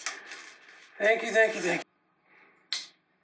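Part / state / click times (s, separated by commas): wrist pin circlip into piston pin bore groove / seated / 2.7 s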